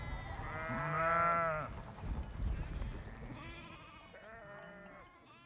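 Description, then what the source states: Sheep bleat: one long, loud bleat in the first two seconds, a pause with low rumbling, then several softer bleats toward the end. A herd of sheep.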